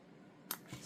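A plastic child-safe backing washer is pushed onto the shank of a plastic safety eye poked through crochet fabric of a crocheted toy. After a quiet stretch, a sharp broadband snap is heard at 0.5 s, followed by a softer low-pitched rustle near 0.7 s. The backing snaps on and is seated.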